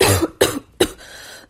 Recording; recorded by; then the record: voluntary cough; messaging app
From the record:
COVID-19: negative